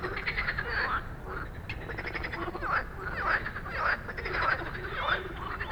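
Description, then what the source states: Frogs croaking, with short squeaky upslurred notes repeated over a steady chorus. Dense evening frog chorus after dark in Stromovka Park, Prague, many frogs calling; 18 May 2022 from 22:08, recorded with a Sony PCM-D100.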